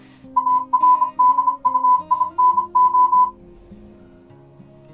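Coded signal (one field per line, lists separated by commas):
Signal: Morse code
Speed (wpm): 27 wpm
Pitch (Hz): 1000 Hz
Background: none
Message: ARDUINO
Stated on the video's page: Morse heard on an Arduino-based decoder and trainer, demonstrated in decoding and practice-trainer modes.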